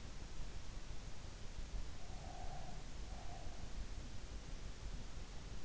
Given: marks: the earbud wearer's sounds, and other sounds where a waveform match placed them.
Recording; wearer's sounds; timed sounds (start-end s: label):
sounds in sleep by an in-ear microphone; breath
2.01-3.79 s: breath